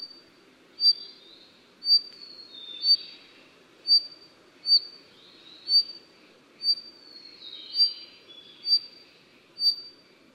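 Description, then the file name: White-tailed robin call, a thin high whistled note repeated about once a second, with softer sliding notes between, over faint low background noise. "白尾鴝"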